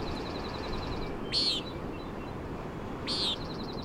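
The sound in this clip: Common Nighthawk uttering two buzzy peents about two seconds apart, a fast rattling trill from another bird running behind, all over rushing wind.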